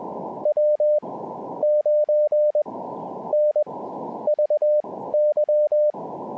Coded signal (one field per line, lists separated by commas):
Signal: Morse code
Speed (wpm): 20 wpm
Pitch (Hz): 600 Hz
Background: none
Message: W9NVY